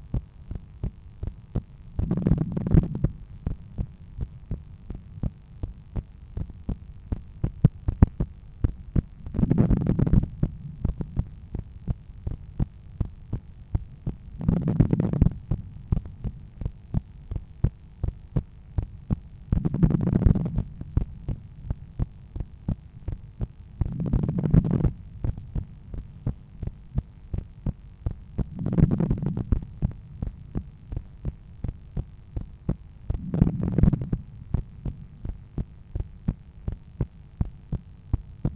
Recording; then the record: heart sounds by stethoscope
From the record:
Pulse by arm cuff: 83 bpm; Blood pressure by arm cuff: 137/85 mmHg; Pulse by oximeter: 82 bpm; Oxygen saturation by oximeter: 95%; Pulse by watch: 83 bpm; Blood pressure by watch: 127/83 mmHg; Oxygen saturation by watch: 98%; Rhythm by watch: sinus rhythm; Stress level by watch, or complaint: low stress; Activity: after 5 min smoking and 1 beer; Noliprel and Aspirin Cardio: after pills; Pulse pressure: 52 mmHg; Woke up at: 7:30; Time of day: 22:22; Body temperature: 36.4 C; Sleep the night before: 8 h 32 min, score 78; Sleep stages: REM 32%, light 50%, deep 12%, awake 6%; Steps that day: 9500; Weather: clear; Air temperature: 19.5 C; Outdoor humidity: 65%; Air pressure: 1014 hPa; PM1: 13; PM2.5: 18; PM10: 26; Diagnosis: hypertension, treated with Noliprel and Aspirin Cardio 100 mg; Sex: male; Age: 53 years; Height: 174 cm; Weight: 81 kg